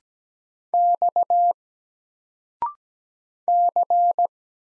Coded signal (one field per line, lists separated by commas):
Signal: Morse code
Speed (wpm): 17 wpm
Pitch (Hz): 700 Hz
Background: none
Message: X C